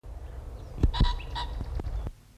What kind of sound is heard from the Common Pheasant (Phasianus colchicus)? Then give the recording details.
call. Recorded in the wild. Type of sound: call. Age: adult. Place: Mühlenbecker Land, OT Buchhorst, Naturpark Barnim, Brandenburg, DE. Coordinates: 52.6736, 13.3908. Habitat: pond, alder wood. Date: 1975-05-02. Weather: sonnig, leichte Wolken, 16°C. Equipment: Uher CR 210, Sennheiser MD 421, Verstärker, Kopie Uher 4200. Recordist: Tembrock, Günter. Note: Erlenbruch, Ruf